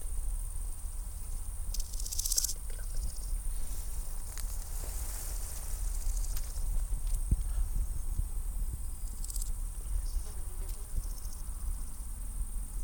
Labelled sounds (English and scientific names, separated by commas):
Large Gold Grasshopper (Chrysochraon dispar) stridulation